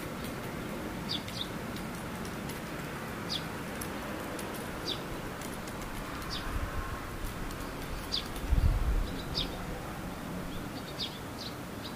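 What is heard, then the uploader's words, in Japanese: Swallows give short, high chirps every second or so over a steady low rumble, with a brief dull thump near the end. ツバメ。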